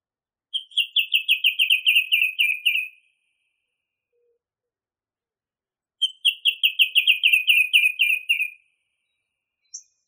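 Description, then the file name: Song thrush song: a rapid descending rattle of clipped notes, given twice with a long silent gap between them. Masteran recording, a tutor track used for training songbirds. "suara masteran songthrush"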